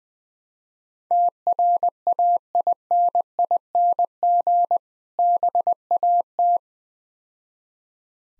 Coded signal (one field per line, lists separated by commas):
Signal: Morse code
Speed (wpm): 20 wpm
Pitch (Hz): 700 Hz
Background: none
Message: TRAINING BAT